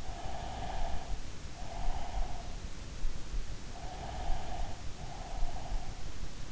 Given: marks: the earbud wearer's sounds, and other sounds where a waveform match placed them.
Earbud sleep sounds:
sounds in sleep by an in-ear microphone; breath
0.12-2.64 s: breath
4.03-6.36 s: breath

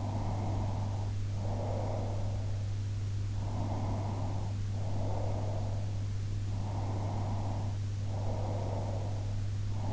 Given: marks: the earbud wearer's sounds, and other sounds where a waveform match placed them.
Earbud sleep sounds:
sounds in sleep by an in-ear microphone; breath
0.00-2.55 s: breath
3.51-6.10 s: breath
6.72-9.48 s: breath

